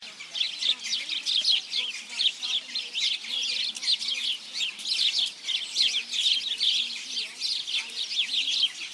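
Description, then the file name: House sparrow: constant chattering chirps from a group of house sparrows, sharp repeated notes crowding together. "Passer domesticus"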